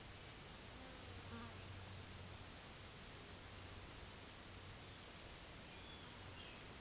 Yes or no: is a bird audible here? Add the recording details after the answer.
no. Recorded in dense forest near Puerto Asís, Putumayo, Colombia, on 21 February 2024 at 15:30. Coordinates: 0.505, -76.324. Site G6467